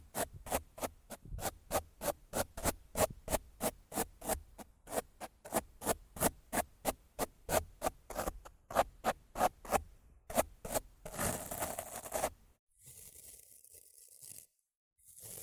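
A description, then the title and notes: Rough scratching on a microphone, in quick regular strokes about three per second that continue steadily for roughly eleven seconds. A louder, denser burst of rubbing follows near twelve seconds, then a faint, steady hiss with a brief silence before the end. ASMR Rough Mic Scratching & Brushing (No Talking).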